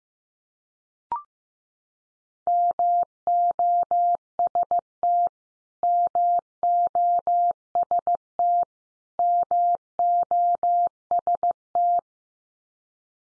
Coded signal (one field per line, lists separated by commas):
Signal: Morse code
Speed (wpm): 15 wpm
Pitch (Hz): 700 Hz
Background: none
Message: MOST MOST MOST